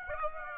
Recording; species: mosquito wingbeat signal from an infrared sensor; Aedes aegypti